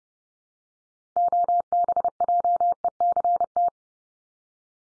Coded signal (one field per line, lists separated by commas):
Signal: Morse code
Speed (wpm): 30 wpm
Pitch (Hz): 700 Hz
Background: none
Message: OBJECT